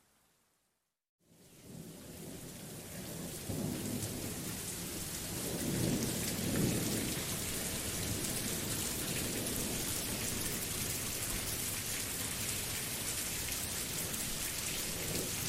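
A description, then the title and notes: Gentle rain and thunder: after a second of silence, a dense, steady hiss of rain fades in and fills the rest of the clip. A soft, low rumble of thunder swells around the sixth and seventh seconds beneath the constant patter. 1 Hour Gentle Rain and Thunder Sounds: Nature's Harmony for Serene Ambiance. Calming rainstorm.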